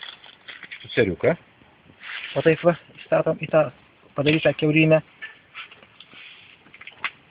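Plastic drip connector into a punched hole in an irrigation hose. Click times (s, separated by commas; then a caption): 7.1 s. A small plastic drip connector is pushed into a hole freshly punched in a plastic irrigation hose while someone talks. A sharp click at 7.0 s marks the connector snapping into place, and it locks there.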